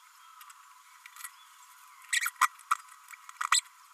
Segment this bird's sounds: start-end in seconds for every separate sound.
2.12-2.20, 3.51-3.61